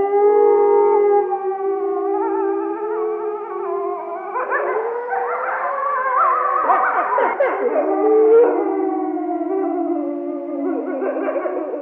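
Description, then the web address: Wolf howls starting as steady held tones, then erupting into a chaotic burst of yelps and broken howls, settling back to long howls. "Lupo Hurlement"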